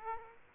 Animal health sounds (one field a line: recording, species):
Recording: mosquito wingbeat signal from an infrared sensor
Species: Aedes aegypti